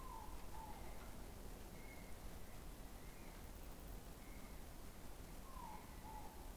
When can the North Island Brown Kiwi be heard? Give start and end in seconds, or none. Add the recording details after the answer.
none. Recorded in New Zealand on 20 November 2013. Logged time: 21:14. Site CG25